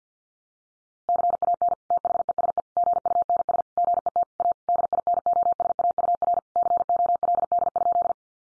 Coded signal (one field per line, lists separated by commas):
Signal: Morse code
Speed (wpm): 50 wpm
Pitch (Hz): 700 Hz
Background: none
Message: CAN THESE GUNS GET A DINOSAUR COLD?